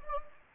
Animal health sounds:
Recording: mosquito wingbeat signal from an infrared sensor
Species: Anopheles gambiae

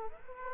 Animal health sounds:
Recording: mosquito wingbeat signal from an infrared sensor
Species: Aedes aegypti

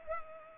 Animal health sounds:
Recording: mosquito wingbeat signal from an infrared sensor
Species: Culex pipiens

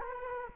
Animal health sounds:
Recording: mosquito wingbeat signal from an infrared sensor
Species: Culex quinquefasciatus

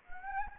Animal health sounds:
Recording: mosquito wingbeat signal from an infrared sensor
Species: Anopheles gambiae

